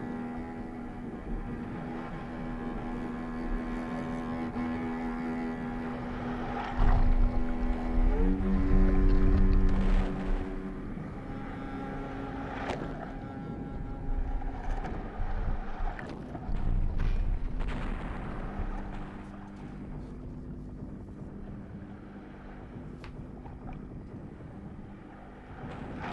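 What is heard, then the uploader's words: A steady droning engine hum runs throughout, shifting pitch near eight seconds, with heavy low booms around seven and sixteen seconds and occasional sharp cracks. The beach, bombs, parachutes, gunfire and a song.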